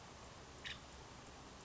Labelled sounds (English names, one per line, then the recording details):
Nuttall's Woodpecker
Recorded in Sonoma County, California